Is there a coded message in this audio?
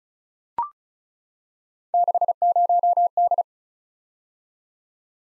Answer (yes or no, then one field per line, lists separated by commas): yes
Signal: Morse code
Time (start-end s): 1.9-3.4 s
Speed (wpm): 36 wpm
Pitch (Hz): 700 Hz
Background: none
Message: 60D